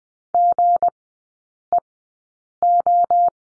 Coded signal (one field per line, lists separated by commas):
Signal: Morse code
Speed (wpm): 19 wpm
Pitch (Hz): 700 Hz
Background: none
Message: GEO